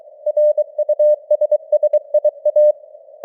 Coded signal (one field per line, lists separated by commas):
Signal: Morse code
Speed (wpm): 23 wpm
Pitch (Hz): 600 Hz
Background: none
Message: RUSSIA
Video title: Morse Code News | 2025-10-20 | 23wpm